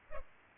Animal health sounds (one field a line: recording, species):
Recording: mosquito wingbeat signal from an infrared sensor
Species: Culex pipiens